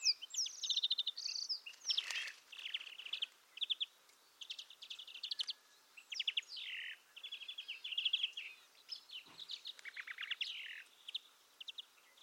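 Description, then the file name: European greenfinch singing a dense, continuous stream of twitters, rapid trills and short buzzy notes, phrases following each other with barely a pause. "Chloris chloris"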